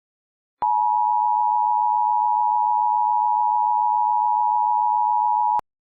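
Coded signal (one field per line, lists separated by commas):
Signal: Emergency Alert System (SAME) tones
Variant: 853 and 960 Hz attention tone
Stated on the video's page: Fictional EAS scenario, third part of a series.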